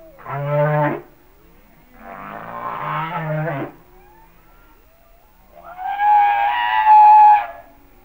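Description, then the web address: Humpback whale singing three units: a short buzzy pulsed groan, a longer rasping moan, then a higher, sustained wailing cry. "Natures Songs Whale Songs Sounds of Nature - Humpback Whales"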